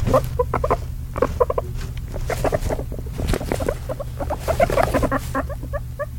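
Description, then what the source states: Guinea pig squeaks in quick runs of short notes, mixed with continuous rustling, pattering movement and a faint low hum. Guinea pig in a cage, with cage ambience and movement noises alongside its squeaks.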